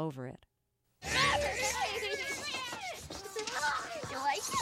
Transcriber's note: Soundbite of Yours, Mine & Ours